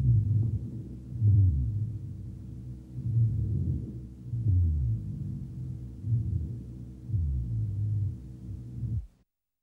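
Low-pitched, snoring, rumbling sounds rise and fall with each breath, about five cycles over nine seconds, with a steady low hum underneath. These are rhonchi, coarse continuous sounds from secretions or narrowing in the larger airways.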